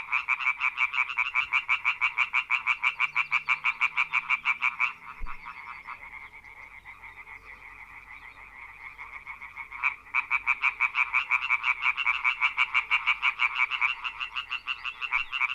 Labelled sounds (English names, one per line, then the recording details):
Common Tree Frog call
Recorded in the wild
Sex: group
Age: adult
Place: Brodowin, Brandenburg, DE
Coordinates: 52.9106, 13.9614
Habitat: pond
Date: 1966-05-01 19:45
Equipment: R 20/2
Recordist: Schubert, Michael